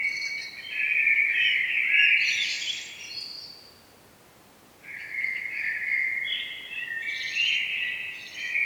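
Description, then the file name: Common blackbird giving two rich warbled phrases separated by a short silence, each wavering around a middle pitch with brief higher notes. "Turdus merula"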